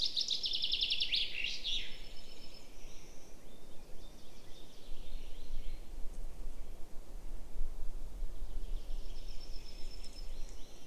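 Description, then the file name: Common chaffinch song at the start, a quick cascading trill with a terminal flourish, followed by faint high notes amid persistent low background noise. "Fringilla coelebs"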